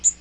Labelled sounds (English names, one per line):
Magnolia Warbler flight call